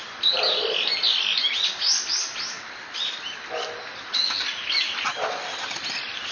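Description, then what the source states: Birds chirping: lively, overlapping high twitters and tweets in clustered bursts, with some lower notes in between. Recorded on 23 October 2013.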